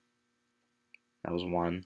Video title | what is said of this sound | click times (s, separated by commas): Citizen AT4106-52X Review/Overview | if you pull the crown out twice two clicks that | 0.9 s